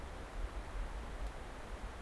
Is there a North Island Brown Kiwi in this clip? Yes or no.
no